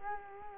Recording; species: mosquito wingbeat signal from an infrared sensor; Culex quinquefasciatus